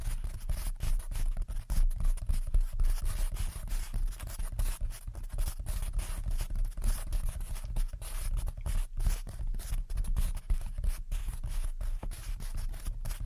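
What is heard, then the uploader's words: Gentle scratching and tapping run continuously, a dense, fairly even stream of soft rasping strokes with frequent tiny gaps. A low rumble sits underneath throughout, and a thin high hiss stays steady on top while the scratching barely changes in loudness. Gentle Tapping and Scratching. (No Talking).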